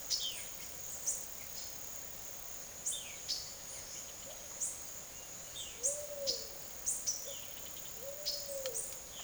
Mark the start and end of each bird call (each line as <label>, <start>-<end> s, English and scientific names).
Silver-beaked Tanager (Ramphocelus carbo), 0.00-1.75 s
Violaceous Jay (Cyanocorax violaceus), 0.14-0.52 s
Silver-beaked Tanager (Ramphocelus carbo), 2.83-7.21 s
Violaceous Jay (Cyanocorax violaceus), 2.88-3.24 s
Pale-vented Pigeon (Patagioenas cayennensis), 4.26-9.12 s
Violaceous Jay (Cyanocorax violaceus), 5.46-5.85 s
Violaceous Jay (Cyanocorax violaceus), 7.16-7.49 s
Silver-beaked Tanager (Ramphocelus carbo), 8.07-9.05 s